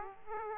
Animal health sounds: mosquito wingbeat signal from an infrared sensor; Aedes aegypti

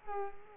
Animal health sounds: mosquito wingbeat signal from an infrared sensor; Culex quinquefasciatus

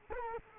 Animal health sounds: mosquito wingbeat signal from an infrared sensor; Culex quinquefasciatus

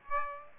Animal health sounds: mosquito wingbeat signal from an infrared sensor; Aedes aegypti

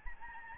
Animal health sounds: mosquito wingbeat signal from an infrared sensor; Aedes albopictus

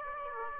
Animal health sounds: mosquito wingbeat signal from an infrared sensor; Aedes aegypti

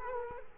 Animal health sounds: mosquito wingbeat signal from an infrared sensor; Culex quinquefasciatus

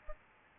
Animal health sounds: mosquito wingbeat signal from an infrared sensor; Aedes albopictus

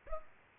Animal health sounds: mosquito wingbeat signal from an infrared sensor; Culex pipiens

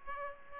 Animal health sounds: mosquito wingbeat signal from an infrared sensor; Aedes aegypti

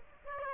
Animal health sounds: mosquito wingbeat signal from an infrared sensor; Aedes aegypti

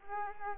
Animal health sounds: mosquito wingbeat signal from an infrared sensor; Culex quinquefasciatus

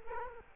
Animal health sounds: mosquito wingbeat signal from an infrared sensor; Culex quinquefasciatus

